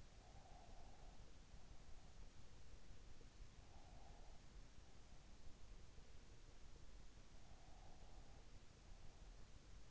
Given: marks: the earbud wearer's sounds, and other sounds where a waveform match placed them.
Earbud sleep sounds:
sounds in sleep by an in-ear microphone; breath
0.00-2.43 s: breath

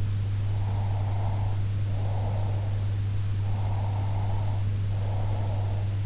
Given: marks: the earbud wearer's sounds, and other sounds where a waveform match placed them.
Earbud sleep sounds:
sounds in sleep by an in-ear microphone; breath
0.42-2.82 s: breath
3.42-5.88 s: breath

